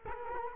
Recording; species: mosquito wingbeat signal from an infrared sensor; Culex quinquefasciatus